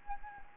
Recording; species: mosquito wingbeat signal from an infrared sensor; Anopheles gambiae